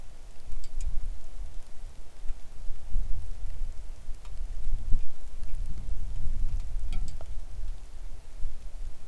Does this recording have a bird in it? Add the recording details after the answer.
no. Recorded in the Arctic National Wildlife Refuge, Alaska, on 3 August 2019 at 10:13. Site 41